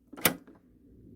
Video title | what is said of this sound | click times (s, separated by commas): 패턴없이 간절기 가디건 만들기 part.2 (재봉편)/ Interseason cardigan without pattern Making part.2(sewing) | 소리 들리죠 점 예 그니까 이게 분리된 느낌 | 0.2 s